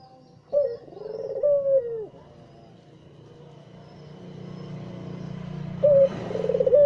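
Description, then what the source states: Barbary dove giving a coo with a clipped opening note and a falling end, a pause, then another coo starting near the end, over low rumbling background noise. White Barbary dove (puter putih) recording used as masteran training audio for songbirds.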